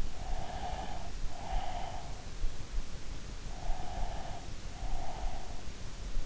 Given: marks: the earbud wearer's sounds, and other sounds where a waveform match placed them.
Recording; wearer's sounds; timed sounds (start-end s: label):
sounds in sleep by an in-ear microphone; breath
0.23-2.62 s: breath
3.54-5.67 s: breath